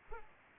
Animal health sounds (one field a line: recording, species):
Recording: mosquito wingbeat signal from an infrared sensor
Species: Culex pipiens